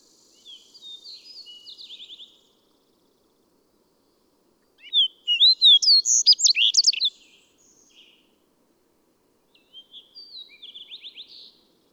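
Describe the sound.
Bird song in three separate phrases: a soft trilled one, a loud tumbling run of chirps and whistles, then another soft trill after a pause.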